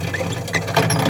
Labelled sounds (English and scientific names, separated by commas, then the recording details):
Green-rumped Parrotlet (Forpus passerinus) babbling
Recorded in a nest box in Venezuela
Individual 18B17A4